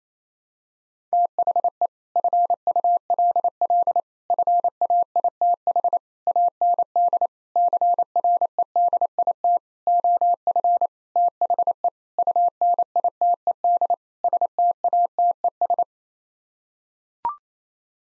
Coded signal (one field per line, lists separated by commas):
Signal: Morse code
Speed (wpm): 28 wpm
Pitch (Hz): 700 Hz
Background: none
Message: THE FULL FAITH AND CREDIT OF THE UNITED STATES